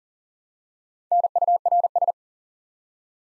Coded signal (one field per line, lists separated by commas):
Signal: Morse code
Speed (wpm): 40 wpm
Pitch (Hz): 700 Hz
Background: none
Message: NURS